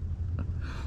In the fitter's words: this one and then you can hear the click yep